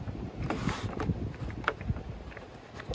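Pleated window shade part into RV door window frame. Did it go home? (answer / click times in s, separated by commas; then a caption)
no / none. A Lippert Thin Shade pleated window shade bracket is handled and pushed toward the entry door window frame of a Keystone Cougar 290RLS RV, meant to snap into the frame. Rubbing, scraping handling noise is heard with several short, sharp taps, the loudest near 1.7 s. Nothing has seated or snapped into place yet when the clip ends.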